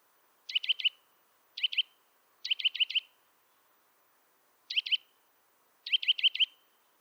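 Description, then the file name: Eurasian nuthatch giving clipped, high notes in short groups of several, spaced irregularly, with little else audible. "Sitta europaea"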